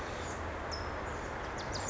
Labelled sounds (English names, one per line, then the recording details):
California Towhee
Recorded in Sonoma County, California